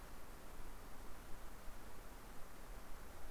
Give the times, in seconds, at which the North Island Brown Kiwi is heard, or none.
none